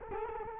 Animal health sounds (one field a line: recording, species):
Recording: mosquito wingbeat signal from an infrared sensor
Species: Culex quinquefasciatus